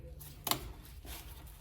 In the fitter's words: plug it in. Click till you hear it click.